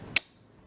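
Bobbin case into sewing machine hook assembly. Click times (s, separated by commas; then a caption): 0.2 s. A threaded bobbin case is pushed into the hook area of a Bernina 530 sewing machine, giving one sharp, bright click at 0.2 s that quickly fades to a low, quiet hum. The click shows the bobbin and bobbin case are seated in place.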